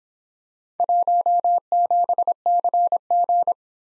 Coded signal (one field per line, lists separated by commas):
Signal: Morse code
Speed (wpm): 26 wpm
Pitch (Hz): 700 Hz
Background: none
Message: 17CG